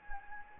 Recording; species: mosquito wingbeat signal from an infrared sensor; Anopheles gambiae